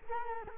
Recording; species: mosquito wingbeat signal from an infrared sensor; Culex quinquefasciatus